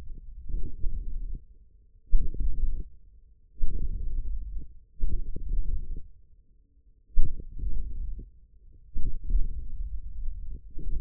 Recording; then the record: forearm muscle sounds (acoustic myography)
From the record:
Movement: hook grip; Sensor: system 1, eight BSWA MPA416 microphones around the upper forearm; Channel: 5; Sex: male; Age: 41 years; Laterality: right